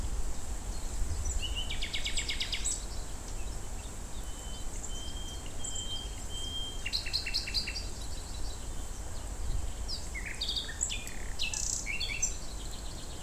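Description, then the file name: Common nightingale song with fast repeated trills, a drawn-out pure whistle and varied chirping phrases, set against persistent low background rumble and steady high hiss. Recorded at Fort Vechten on 1 May 2026. "Nachtegaal-Ford-Vechten 2026-05-01-1508-May 1"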